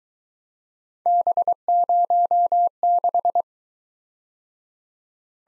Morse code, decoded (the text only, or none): B06